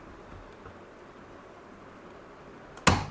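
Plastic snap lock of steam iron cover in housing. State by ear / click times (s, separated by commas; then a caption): released / 2.9 s. A steam iron's cover is held in its housing by two plastic snap locks under the long slots, and they are gently pushed so they don't break. After quiet handling, a small tick at 2.8 s leads into a sharp snap at 2.9 s as the lock pops open and the cover comes free easily.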